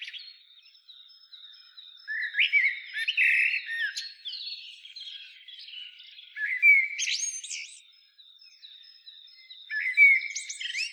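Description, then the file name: Eurasian blackbird song: short fluty warbled phrases around mid pitch with high twittering ends, in bursts at about two, six and ten seconds. "Turdus merula"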